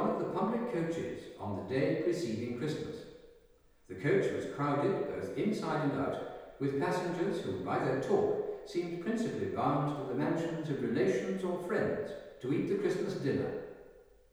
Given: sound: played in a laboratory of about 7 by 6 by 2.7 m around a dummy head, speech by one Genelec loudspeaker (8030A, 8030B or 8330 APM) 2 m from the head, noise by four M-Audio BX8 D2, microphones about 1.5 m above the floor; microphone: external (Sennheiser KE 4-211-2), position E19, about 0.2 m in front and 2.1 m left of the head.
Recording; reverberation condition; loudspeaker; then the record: male speech in English; high; 120 degrees to the right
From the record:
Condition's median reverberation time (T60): about 1300 ms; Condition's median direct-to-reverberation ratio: about -4.0 dB